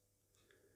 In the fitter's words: it should feel like a little click